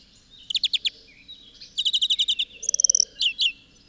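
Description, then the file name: European greenfinch calls: quick bursts of bright twittering notes, a fast trill and a loud high ringing series, then two short notes. "Chloris chloris"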